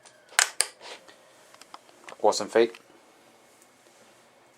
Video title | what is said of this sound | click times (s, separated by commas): Back Widow Ult. 2013 Overview and quick review | they click up nice and solid click into position | 0.4 s, 0.6 s